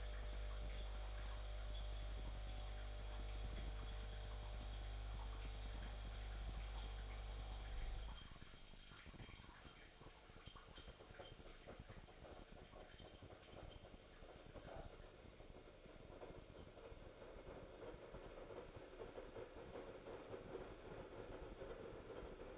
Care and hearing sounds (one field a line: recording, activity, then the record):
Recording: daily activity, microphone in the room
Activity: make coffee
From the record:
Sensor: 5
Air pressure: 1007.4 hPa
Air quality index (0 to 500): 125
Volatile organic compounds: 1 ppm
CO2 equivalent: 951 ppm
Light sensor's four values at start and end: 25/58/24/24 and 26/61/25/26